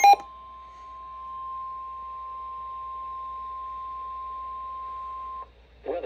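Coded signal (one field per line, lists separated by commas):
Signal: Emergency Alert System (SAME) tones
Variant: 1050 Hz attention tone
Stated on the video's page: Severe Thunderstorm Warning SAME alert caught on a WR-120 weather radio from station KIH35, 162.55 MHz.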